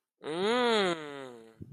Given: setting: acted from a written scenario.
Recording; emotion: vocal sound without words; interest